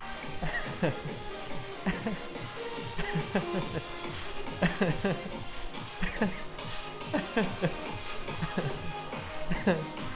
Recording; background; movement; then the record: laughter; music; walking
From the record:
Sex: male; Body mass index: 20.5 kg/m2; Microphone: on the chest, facing outward